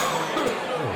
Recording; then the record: coughing mixed with background sound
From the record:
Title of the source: Mid-morning Winter Coughing Fit